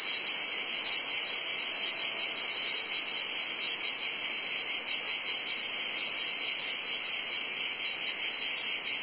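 Cicadas in a steady, loud, high-pitched buzzing drone that holds without pause from start to finish.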